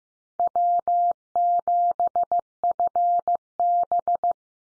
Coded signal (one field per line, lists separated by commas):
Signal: Morse code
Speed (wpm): 15 wpm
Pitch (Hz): 700 Hz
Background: none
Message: W7FB